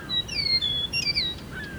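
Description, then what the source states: Eastern meadowlark singing a short phrase of pure, high, down-slurred whistles, ending in a lower falling note. Lone male singing for several minutes from a tree, evening around dusk.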